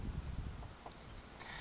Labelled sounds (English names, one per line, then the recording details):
Acorn Woodpecker
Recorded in Sonoma County, California